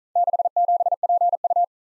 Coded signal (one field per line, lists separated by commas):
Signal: Morse code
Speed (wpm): 42 wpm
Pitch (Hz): 700 Hz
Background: none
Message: 67PU